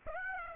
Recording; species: mosquito wingbeat signal from an infrared sensor; Aedes aegypti